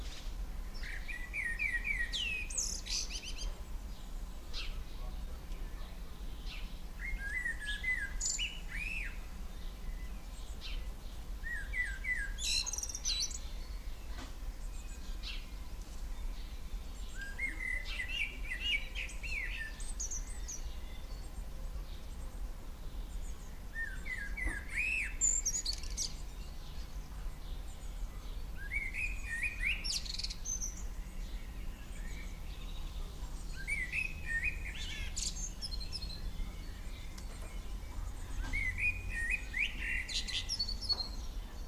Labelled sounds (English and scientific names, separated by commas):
Common Blackbird (Turdus merula) song